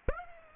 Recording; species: mosquito wingbeat signal from an infrared sensor; Aedes aegypti